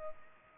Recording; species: mosquito wingbeat signal from an infrared sensor; Culex pipiens